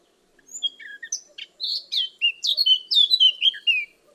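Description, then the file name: Eurasian blackcap song: a fast, varied warble of scratchy and fluted notes lasting about three and a half seconds. "Sylvia atricapilla"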